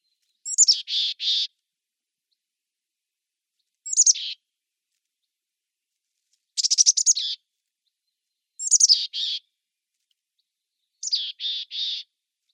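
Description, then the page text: Mountain chickadee calls: high thin notes sliding down into hoarse, buzzy notes, in five separate bursts roughly every two to three and a half seconds. Single call. "Mountain Chickadee Single Call. Quick Sounds"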